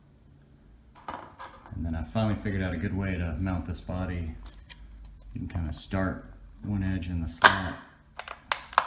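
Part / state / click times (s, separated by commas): plastic RC body into chassis body-mount slot / seated / 8.5 s, 8.8 s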